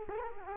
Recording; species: mosquito wingbeat signal from an infrared sensor; Culex quinquefasciatus